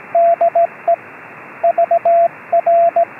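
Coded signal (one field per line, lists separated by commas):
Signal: Morse code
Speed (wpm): 18 wpm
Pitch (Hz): 680 Hz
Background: radio noise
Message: DE VR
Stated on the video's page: Short film dramatizing Swedish military shortwave CW from long-range reconnaissance patrols, sent in a hard-to-direction-find way over long distances without infrastructure.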